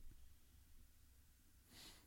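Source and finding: Dog. Snoring.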